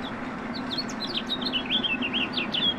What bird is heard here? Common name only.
House Finch